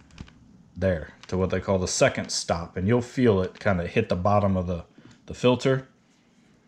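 A water hose is being pushed into the push-fit fitting of a reverse osmosis filter, past the O-ring toward the second stop where it bottoms out against the filter cartridge. A few faint clicks occur in the first 0.3 seconds, followed by someone talking over the rest of the clip. Nothing has seated or clicked into place yet, and the locking clip has not been fitted.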